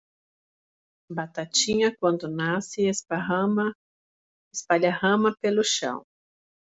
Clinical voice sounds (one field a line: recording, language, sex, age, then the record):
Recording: short text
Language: Brazilian Portuguese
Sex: female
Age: 40 to 49 years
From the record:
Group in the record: control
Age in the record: 43 years